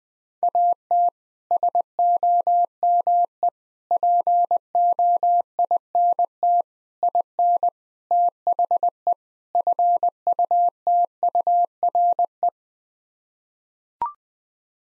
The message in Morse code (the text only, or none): AT SOME POINT IN THE FUTURE